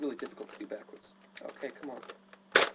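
After the NERF Vortex toy blaster is primed, a plastic 12-disc magazine is pushed into its magazine well while someone talks about the struggle to get it in. A sharp, loud snap at 2.6 s marks the magazine locking into place.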